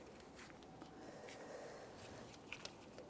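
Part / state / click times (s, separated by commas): transmission cooler line clip into radiator fitting / not seated / none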